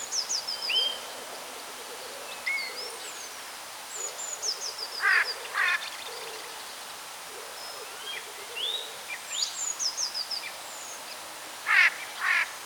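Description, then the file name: Eurasian jay rasping screeches in two pairs, mid-way and near the end, among frequent high whistled phrases and chirps from other songbirds. "Garrulus glandarius"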